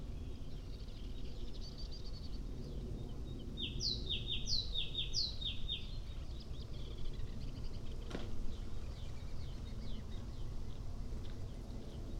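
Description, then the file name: Great tit, a short series of high two-note whistled phrases over a steady broad background hiss, with a sharp click later. "Great Tit Parus major"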